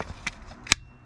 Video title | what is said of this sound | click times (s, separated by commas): How to remove and replace 2007-2014 Escalade, Tahoe, Suburban, Yukon, Denali rear window switches! | clip it in like that. It's in there solid. | 0.3 s, 0.7 s